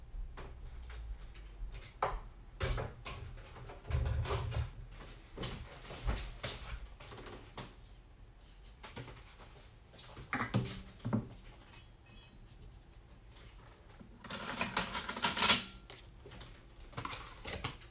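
Banana bread being made: a steady run of kitchen handling sounds, clicks, taps and scrapes of utensils and bowls every second or so. Low thumps come near four seconds, and a longer burst of bright rustling or scraping builds around fourteen to sixteen seconds.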